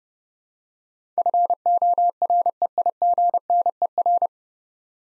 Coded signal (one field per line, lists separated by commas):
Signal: Morse code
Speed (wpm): 30 wpm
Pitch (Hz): 700 Hz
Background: none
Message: FOREIGNER